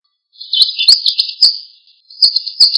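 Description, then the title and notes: Bird song of rapid high chattering notes around a steady trill, broken by sharp clicks, in two bursts with a short pause between. Songs of Indonesian birds. "Kumpulan Kicau Burung Indonesia"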